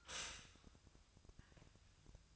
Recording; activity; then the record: daily activity, microphone in the room; stop toaster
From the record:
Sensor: 2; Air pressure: 1001.9 hPa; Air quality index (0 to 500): 245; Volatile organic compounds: 37 ppm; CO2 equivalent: 3097 ppm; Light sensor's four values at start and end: 9/30/12/11 and 9/30/12/11